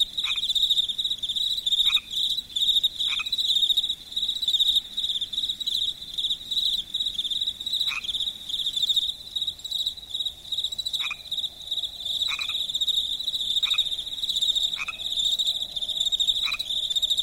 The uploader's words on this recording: In this episode, we bring you the peaceful sounds of crickets and frogs as they chirp and croak in perfect harmony. Night sounds.